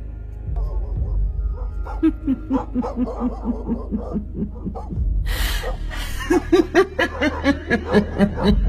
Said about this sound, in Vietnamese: Tiếng của người đàn bà vang vọng từ ngoài bờ sông vào tận trong làng, làm cho chó ở trong làng cứ cắn lên nhấm nha nhấm nhặng bất an.